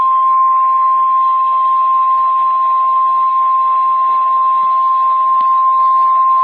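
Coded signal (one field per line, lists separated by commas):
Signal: Emergency Alert System (SAME) tones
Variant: 1050 Hz attention tone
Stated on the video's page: Severe thunderstorm warning from NOAA Weather Radio WXL61 Cedar Rapids, heard via internet stream on an iPod app, slightly delayed.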